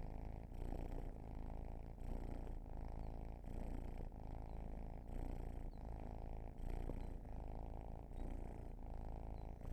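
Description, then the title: Cat purring, a steady low rumble that swells and eases in even breathing cycles, roughly every second and a half, continuous throughout. "Field Recs Purrathon RAW"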